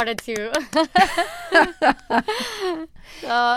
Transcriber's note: clapping; laughter